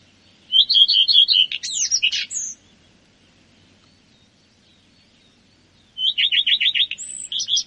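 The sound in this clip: Common redstart song: two phrases of rapid repeated notes, each finishing in high squeaky, twisting twitters, with a quiet gap between them.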